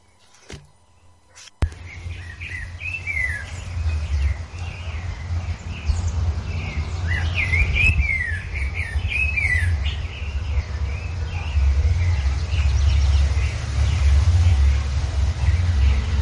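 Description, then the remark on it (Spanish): Several birds, roughly 50 metres apart, trade bright, warbling phrases back and forth, one singing and another answering, over a steady low rumble that fills the background. “Estamos escuchando un contrapunto de distintos pájaros. Vemos como uno le canta y el otro le contesta.”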